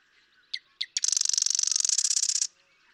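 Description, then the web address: Marsh Wren song: two or three sharp introductory ticks followed by a sustained, rapid, buzzy rattling trill of about one and a half seconds. "birdsongforthecurious Marsh Wren"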